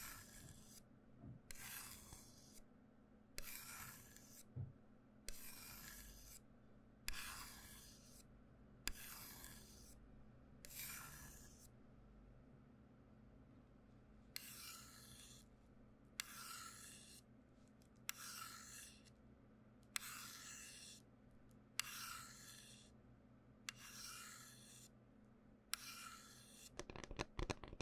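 Wooden tools are stroked in a steady rhythm, each pass a short, bright rasping scrape about every second and a half. Seven strokes, a pause of a few seconds, then about eight more, ending in a quick crackle. A low steady hum runs underneath.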